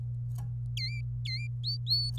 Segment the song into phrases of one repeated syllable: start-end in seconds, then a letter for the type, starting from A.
0.77-1.47 A, 1.64-2.19 B